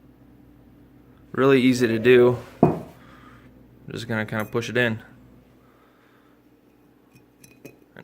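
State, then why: Seated. A new small retaining clip is pushed by hand into a hole in a clutch part of a KTM 1290 Superduke R motorcycle, on top of the old clip underneath, as a fix for clutch slippage. Someone talks while the clip is pressed in, then sharp clicks at 7.4 s and 8.0 s mark the clip clicking and locking in place.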